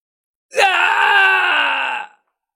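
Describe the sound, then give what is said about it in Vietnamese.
A man lets out a single loud, sustained scream lasting about a second and a half, strained and harmonically rich, with the pitch sliding slightly downward before it cuts off. “đột ngột hét lớn, bởi vì vị trí ngực vừa bị cái thanh chiến mâu màu đen xuyên thủng kia tuy rằng đã hồi phục lại như cũ, thế nhưng hiện giờ lại có một chùm ánh sáng đang sục sôi và xông loạn bên trong hắn.”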